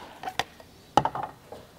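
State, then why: Released. A plastic pry tool works the remaining tabs of a plastic roof rack mount cover loose from the roof trim while removing the factory roof rack on a Lexus GX470. A sharp plastic tap sounds at 0.4 s, then the loudest pop comes at 1.0 s, quickly followed by smaller clicks and a faint one near 1.5 s. The cover pops off and is released.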